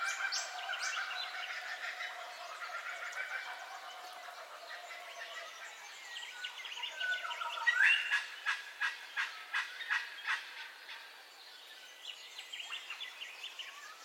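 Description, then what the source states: Birds in a dawn chorus, many overlapping chirps and whistles, with a run of sharp rapid pulses near the middle that then trails off into quieter calling. Dawn ambience of bird calls, in stereo.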